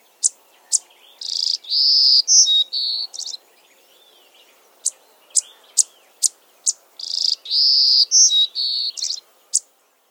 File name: Golden cheeked Warbler